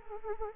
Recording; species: mosquito wingbeat signal from an infrared sensor; Anopheles arabiensis